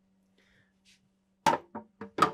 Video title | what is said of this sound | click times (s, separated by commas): 2027 Newmar Mountain Aire Walkthrough - Complete Owner Orientation & Feature Guide | then you can put the little door back down. It locks into place. | 1.5 s